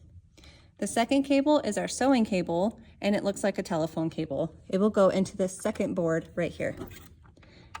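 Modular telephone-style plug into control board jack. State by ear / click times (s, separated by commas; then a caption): seated / 7.8 s. Someone talks while a sewing cable with a modular telephone-style plastic plug is pushed into the jack on a second control board. A few faint ticks come just before a sharp click at 7.8 s as the plug seats.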